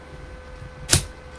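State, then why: Seated. A Threadripper CPU in its plastic carrier bracket is pushed into the motherboard socket's hinged frame, which is hard to shove in. One sharp, bright click at 0.93 s stands out above a low, steady background. The bracket is seated in the socket frame.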